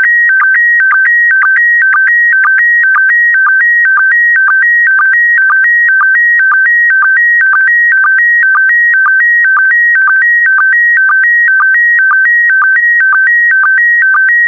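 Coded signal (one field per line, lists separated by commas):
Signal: SSTV (slow-scan television)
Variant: PD120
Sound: warbling tones stepping between two pitches, with short low chirps about twice a second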